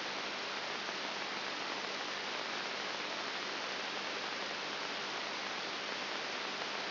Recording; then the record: brain microelectrode recording played as sound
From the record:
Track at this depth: outside the subthalamic nucleus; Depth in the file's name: 7.5 mm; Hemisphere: right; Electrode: 3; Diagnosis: Parkinson's disease